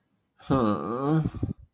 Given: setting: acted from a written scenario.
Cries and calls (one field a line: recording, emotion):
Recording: vocal sound without words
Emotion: guilt